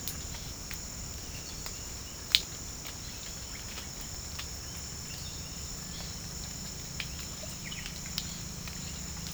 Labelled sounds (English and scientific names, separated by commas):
none